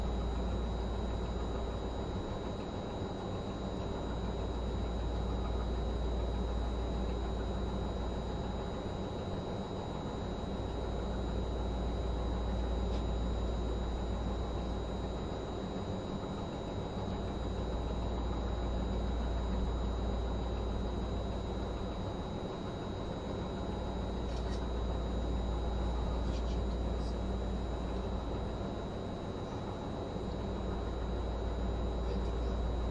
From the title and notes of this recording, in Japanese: HC85系 ひだ04号02 下呂～美濃太田。2022年07月よりデビューした、シリーズハイブリッド方式の車両であるHC85系”ひだ04号”を収録したものです。エンジン音とモーター音のバランスを考慮して1号車9Dで収録を行いましたが、双方共に非常に静粛性に優れており僅かな音しか出ておりません。走行音。